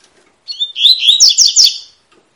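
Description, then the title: Double-collared seedeater delivering a brisk song: a short whistled lead-in, then a run of bright, sharply accented chirps lasting about a second. Tui-tui song with fibra quality, a tutor song for teaching young birds. "COLEIRO TUI TUI FIBRA CANTO PROFESSOR"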